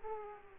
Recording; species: mosquito wingbeat signal from an infrared sensor; Aedes aegypti